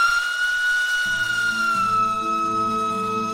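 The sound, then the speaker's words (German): The whistle of a steaming train bound for Switzerland on a foggy morning sounds one long, steady, high note, slowly sagging slightly in pitch, while a low rumbling rhythm of the engine comes in underneath after the first second. “Nur mit einem Regenmantel über dem Arm und Epiktets Handbüchlein der Moral, einem philosophischen Aufsatz im Gepäck, besteigt sie den dampfenden Zug.”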